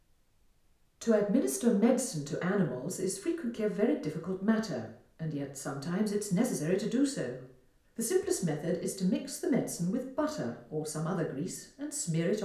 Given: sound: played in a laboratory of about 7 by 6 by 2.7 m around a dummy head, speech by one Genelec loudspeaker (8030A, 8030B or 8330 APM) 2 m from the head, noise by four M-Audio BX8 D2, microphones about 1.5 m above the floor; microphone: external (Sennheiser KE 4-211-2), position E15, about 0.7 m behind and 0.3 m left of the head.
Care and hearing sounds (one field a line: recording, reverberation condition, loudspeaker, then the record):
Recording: female speech in English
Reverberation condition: medium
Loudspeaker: 120 degrees to the right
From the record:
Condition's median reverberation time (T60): about 510 ms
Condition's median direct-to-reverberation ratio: about -0.5 dB